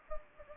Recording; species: mosquito wingbeat signal from an infrared sensor; Anopheles gambiae